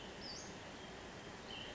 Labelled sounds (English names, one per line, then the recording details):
Western Flycatcher
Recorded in Sonoma County, California